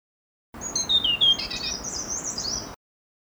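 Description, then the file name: Blue-throated blue flycatcher song beginning with falling sweet whistles, then running into a long, very high, rapid twittering warble. "kicau sikatan blue throated. omkicau"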